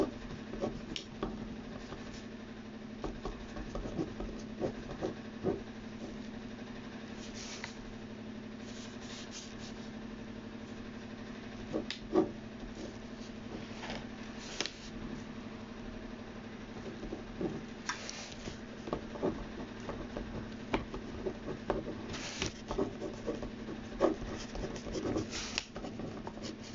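Writing while copying out text: a steady low hum runs throughout, with soft scratching and rubbing strokes in irregular clusters. Brighter, sharper scrapes stand out every few seconds, around 7, 12, 15, 18, 22 and 24 seconds, alongside small ticks and taps.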